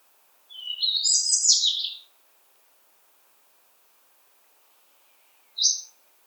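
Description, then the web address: European robin singing one rich, high warbled phrase that rises and twists for about a second and a half, followed after a long pause by a single sharp, high note. "SETE data Erithacus rubecula"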